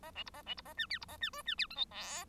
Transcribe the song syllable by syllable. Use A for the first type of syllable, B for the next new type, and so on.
A B C A B C A D E C A D F D E G H I